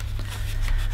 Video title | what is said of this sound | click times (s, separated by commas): Tineco Pure One S12 Cordless Vacuum Cleaner Demonstration | and then that just clicks back into place and then you're ready to go the | 0.7 s